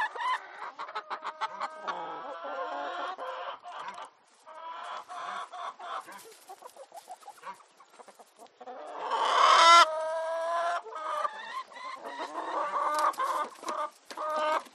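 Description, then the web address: Chickens clucking and squawking in bursts, short repeated clucks with a few louder drawn-out cries. Chickens in a chicken coop. "sound effects adam a johnson. Chicken Coop"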